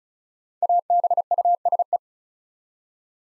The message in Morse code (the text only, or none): ABUSE